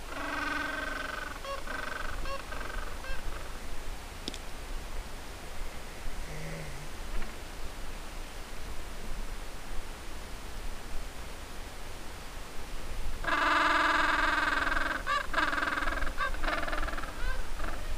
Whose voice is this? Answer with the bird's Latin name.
Pygoscelis papua